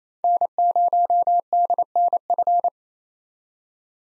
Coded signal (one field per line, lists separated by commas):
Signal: Morse code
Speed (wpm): 28 wpm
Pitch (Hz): 700 Hz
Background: none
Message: N0DNF